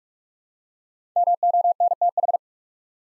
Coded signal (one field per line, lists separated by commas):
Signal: Morse code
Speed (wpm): 44 wpm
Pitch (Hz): 700 Hz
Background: none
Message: MONTH